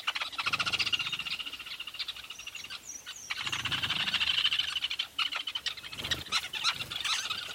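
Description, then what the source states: Weavers chattering busily with buzzy rattling notes and high squeaks. Recorded at a large weaver nest in Etosha National Park, Namibia.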